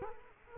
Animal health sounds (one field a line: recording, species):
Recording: mosquito wingbeat signal from an infrared sensor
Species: Culex quinquefasciatus